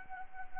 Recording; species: mosquito wingbeat signal from an infrared sensor; Anopheles arabiensis